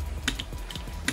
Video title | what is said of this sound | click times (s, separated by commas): G.I.JOE classified series target exclusive cobra island baroness & coil 2 pack review!!! | keep on oh and it pops right in you wedging in giving you a little nudge | 1.1 s